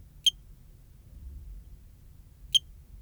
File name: Eugrylloides pipiens